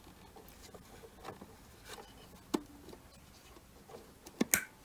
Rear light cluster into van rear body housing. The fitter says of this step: puis vous entendrez les clips se clipser et le verrouiller en place, c'est bien et sécurisé maintenant